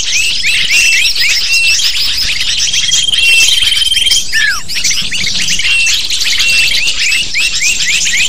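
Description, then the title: Lovebirds twittering in a crowded chorus, with sharp chirps and a downward-sliding squeak standing out from the dense high chatter. Lure used to attract lovebirds. "PIKAT BURUNG LOVEBIRD"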